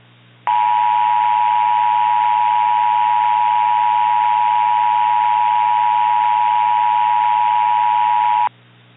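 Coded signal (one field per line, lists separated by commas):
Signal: Emergency Alert System (SAME) tones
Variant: 853 and 960 Hz attention tone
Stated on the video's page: Simulated wildfire EAS scenario.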